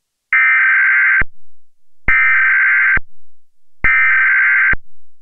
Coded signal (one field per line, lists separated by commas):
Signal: Emergency Alert System (SAME) tones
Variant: header bursts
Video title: EAS Scenario - "The Valley Fire" September 12, 2015 Middletown, CA